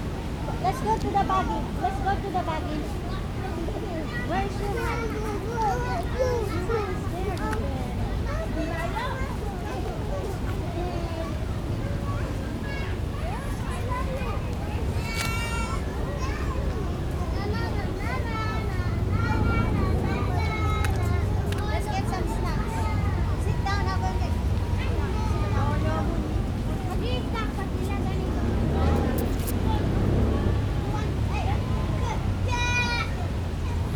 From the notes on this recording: Kensington Palace. Evening